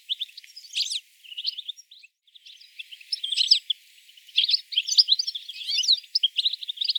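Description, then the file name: European Goldfinch twittering in quick, liquid bursts of high chirps and trills, with a short pause near two seconds, then denser tinkling phrases to the end. "Carduelis carduelis"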